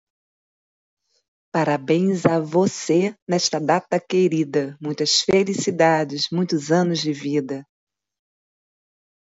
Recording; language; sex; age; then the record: short text; Brazilian Portuguese; female; 50 to 59 years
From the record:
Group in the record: control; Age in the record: 57 years